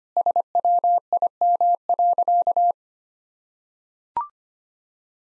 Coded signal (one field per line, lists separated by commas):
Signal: Morse code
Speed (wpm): 25 wpm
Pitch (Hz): 700 Hz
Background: none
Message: SWIM.